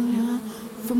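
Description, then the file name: Bees giving a steady, low-pitched buzzing hum that dips slightly and then swells again. "bienen"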